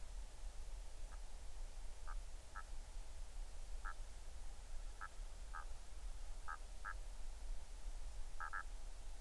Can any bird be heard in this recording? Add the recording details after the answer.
yes. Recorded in the Arctic National Wildlife Refuge, Alaska, on 20 July 2019 at 02:45. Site 38